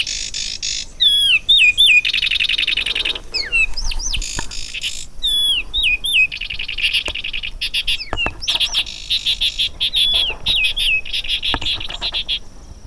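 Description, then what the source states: Zapata wren singing a rapid, varied song of looping whistles alternating with dense buzzy trills, phrases following closely one after another. Brown bird found only in the Zapata Swamp biosphere reserve, Cuba, among extensive wet meadows; hard to get to hear.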